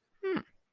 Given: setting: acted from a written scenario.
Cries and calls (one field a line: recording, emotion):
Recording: vocal sound without words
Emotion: realization